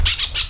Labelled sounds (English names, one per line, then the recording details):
Brown-throated Parakeet contact call
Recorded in Venezuela
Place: PN Cerro Saroche, Tierras del Sr. Polo, Edo. Lara
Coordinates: 10.171, -69.518